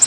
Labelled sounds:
Nashville Warbler flight call

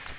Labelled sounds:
Magnolia Warbler flight call

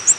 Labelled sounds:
Ovenbird flight call

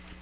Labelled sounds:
Magnolia Warbler flight call

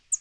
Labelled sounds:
Northern Parula flight call

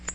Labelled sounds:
Nashville Warbler flight call

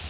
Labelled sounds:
Magnolia Warbler flight call

